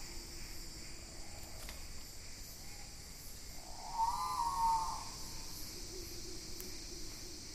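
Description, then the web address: Great pitta call: a single whistled note, slightly wavering and lasting about a second, over steady insect buzzing and hum. Indonesia. "ULM-DS-Lab indonesian-bird-sounds. Pitta maxima"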